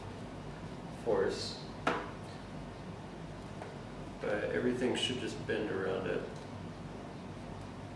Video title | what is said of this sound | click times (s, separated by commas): #MakiBox Assembly Step 14 | so this pops right into place. It may take a little bit of force, but | 1.9 s